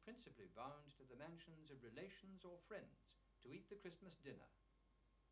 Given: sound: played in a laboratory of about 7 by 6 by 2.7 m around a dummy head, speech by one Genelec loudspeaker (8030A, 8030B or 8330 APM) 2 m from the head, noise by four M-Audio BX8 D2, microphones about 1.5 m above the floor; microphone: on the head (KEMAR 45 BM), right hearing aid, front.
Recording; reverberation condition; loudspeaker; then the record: male speech in English; low; 90 degrees to the right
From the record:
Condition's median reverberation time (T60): about 310 ms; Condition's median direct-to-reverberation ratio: about 3.5 dB